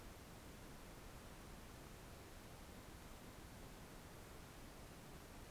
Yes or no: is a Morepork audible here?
no